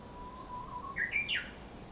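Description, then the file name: Japanese bush warbler singing, with a low sustained whistle that steps slightly upward before breaking into a bright, ascending three-part flourish. Dated April 2018. "uguisu"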